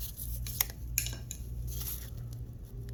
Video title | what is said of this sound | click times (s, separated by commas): 2013-2018 Nissan Altima engine & transmission replacement removal from the bottom | I'm gonna push that till it clicks. | 1.0 s